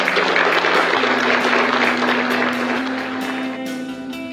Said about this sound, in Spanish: Muchas gracias y un aplauso al consejo.